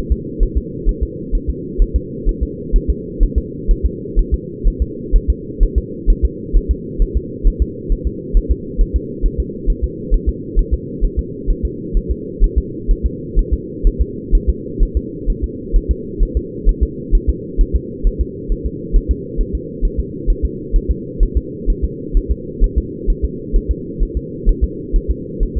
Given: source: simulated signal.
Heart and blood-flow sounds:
fetal heart sounds
0.12 s: S2
0.43 s: S1
0.57 s: S2
0.89 s: S1
1.03 s: S2
1.35 s: S1
1.49 s: S2
1.82 s: S1
1.96 s: S2
2.29 s: S1
2.43 s: S2
2.76 s: S1
2.90 s: S2
3.23 s: S1
3.38 s: S2
3.71 s: S1
3.86 s: S2
4.19 s: S1
4.34 s: S2
4.68 s: S1
4.82 s: S2
5.16 s: S1
5.30 s: S2
5.63 s: S1
5.78 s: S2
6.10 s: S1
6.25 s: S2
6.56 s: S1
6.71 s: S2
7.02 s: S1
7.17 s: S2
7.47 s: S1
7.62 s: S2
7.92 s: S1
8.07 s: S2
8.37 s: S1
8.51 s: S2
8.81 s: S1
8.96 s: S2
9.26 s: S1
9.40 s: S2
9.70 s: S1
9.84 s: S2
10.14 s: S1
10.29 s: S2
10.59 s: S1
10.73 s: S2
11.04 s: S1
11.19 s: S2
11.50 s: S1
11.65 s: S2
11.97 s: S1
12.11 s: S2
12.44 s: S1
12.58 s: S2
12.91 s: S1
13.06 s: S2
13.39 s: S1
13.53 s: S2
13.87 s: S1
14.01 s: S2
14.35 s: S1
14.49 s: S2
14.83 s: S1
14.97 s: S2
15.30 s: S1
15.44 s: S2
15.76 s: S1
15.91 s: S2
16.23 s: S1
16.37 s: S2
16.69 s: S1
16.83 s: S2
17.15 s: S1
17.29 s: S2
17.61 s: S1
17.76 s: S2
18.07 s: S1
18.21 s: S2
18.52 s: S1
18.66 s: S2
18.96 s: S1
19.11 s: S2
19.41 s: S1
19.55 s: S2
19.85 s: S1
19.99 s: S2
20.30 s: S1
20.45 s: S2
20.76 s: S1
20.91 s: S2
21.23 s: S1
21.37 s: S2
21.70 s: S1
21.84 s: S2
22.17 s: S1
22.31 s: S2
22.64 s: S1
22.78 s: S2
23.10 s: S1
23.25 s: S2
23.56 s: S1
23.71 s: S2
24.03 s: S1
24.17 s: S2
24.49 s: S1
24.64 s: S2
24.96 s: S1
25.10 s: S2
25.43 s: S1
25.57 s: S2
From the record:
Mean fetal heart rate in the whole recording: 130 bpm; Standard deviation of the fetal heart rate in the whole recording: 2 bpm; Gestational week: 38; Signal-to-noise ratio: -4.1 dB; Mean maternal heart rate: no maternal heart sound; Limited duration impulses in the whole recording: absent

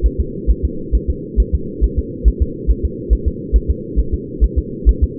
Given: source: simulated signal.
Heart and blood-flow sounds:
fetal heart sounds
0.06 s: S1
0.20 s: S2
0.50 s: S1
0.65 s: S2
0.95 s: S1
1.10 s: S2
1.40 s: S1
1.55 s: S2
1.84 s: S1
1.99 s: S2
2.28 s: S1
2.42 s: S2
2.70 s: S1
2.85 s: S2
3.13 s: S1
3.28 s: S2
3.56 s: S1
3.70 s: S2
3.99 s: S1
4.14 s: S2
4.44 s: S1
4.58 s: S2
4.89 s: S1
5.03 s: S2
From the record:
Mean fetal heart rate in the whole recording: 135 bpm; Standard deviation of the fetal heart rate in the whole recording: 3 bpm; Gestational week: 34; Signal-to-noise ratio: -4.3 dB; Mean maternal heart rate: 72 bpm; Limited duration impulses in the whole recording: absent

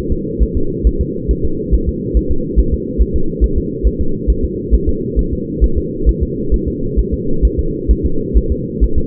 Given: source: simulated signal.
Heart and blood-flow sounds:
fetal heart sounds
0.12 s: S2
0.43 s: S1
0.57 s: S2
0.87 s: S1
1.01 s: S2
1.31 s: S1
1.45 s: S2
1.74 s: S1
1.89 s: S2
2.17 s: S1
2.31 s: S2
2.59 s: S1
2.74 s: S2
3.02 s: S1
3.16 s: S2
3.44 s: S1
3.58 s: S2
3.87 s: S1
4.01 s: S2
4.30 s: S1
4.44 s: S2
4.74 s: S1
4.89 s: S2
5.19 s: S1
5.33 s: S2
5.64 s: S1
5.78 s: S2
6.09 s: S1
6.23 s: S2
6.54 s: S1
6.68 s: S2
6.99 s: S1
7.14 s: S2
7.45 s: S1
7.59 s: S2
7.91 s: S1
8.05 s: S2
8.38 s: S1
8.52 s: S2
8.84 s: S1
8.98 s: S2
From the record:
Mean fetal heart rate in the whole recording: 135 bpm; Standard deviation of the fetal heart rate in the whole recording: 3 bpm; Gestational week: 34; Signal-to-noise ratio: -8.1 dB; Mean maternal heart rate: 72 bpm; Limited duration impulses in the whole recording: absent

